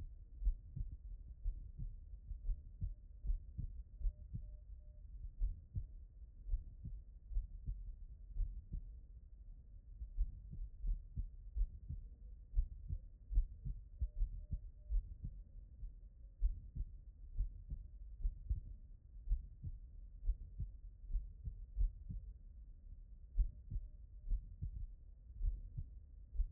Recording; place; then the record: heart sounds by stethoscope; tricuspid valve (TV)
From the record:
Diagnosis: non-HFrEF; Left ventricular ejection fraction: 44%